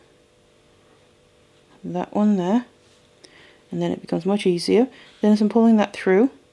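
Someone talks while pulling beading thread through a crystal bicone bead on an Art Deco beaded kumihimo necklace, with a faint brief tick near 3.3 s between the phrases. The thread is still being handled, and the knot has not yet clicked into the bicone bead; nothing has seated.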